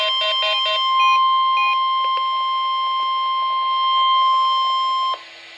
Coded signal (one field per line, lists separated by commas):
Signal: Emergency Alert System (SAME) tones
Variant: 1050 Hz attention tone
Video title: Real EAS #444 - Required Weekly Test